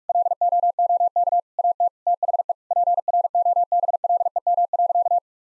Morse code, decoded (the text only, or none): LOOK AT THE PROBLEM.